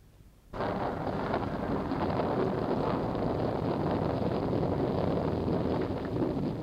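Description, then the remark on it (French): Thunder from a gathering storm, before rain, bursts in after a brief silence and keeps rumbling as a loud, steady, low roar for several seconds, with no voices over it. “Vous entendez ça? Ah, ça va tomber, oui.”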